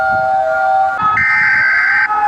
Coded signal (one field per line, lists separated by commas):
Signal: Emergency Alert System (SAME) tones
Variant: header bursts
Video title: eas alarm animados 9